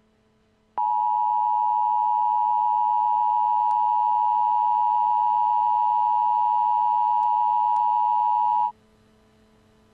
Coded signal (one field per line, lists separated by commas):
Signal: Emergency Alert System (SAME) tones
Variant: 853 and 960 Hz attention tone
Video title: EAS Scenario - Tornado Warning VS. Tsar Bomba